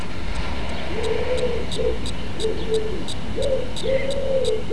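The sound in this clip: Pigeon cooing in several low, hollow phrases, with faint high bird ticks and steady background hiss.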